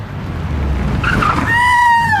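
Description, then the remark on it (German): A car's tyres screech as it brakes hard for a woman who ran in front of it at the corner of Regent Street and Oxford Street, late at night in pouring rain, a rising high-pitched squeal with sharp harmonic bands cutting over a low engine rumble and rain hiss, lasting about a second. “Sie sind mir direkt vor den Wagen gelaufen.”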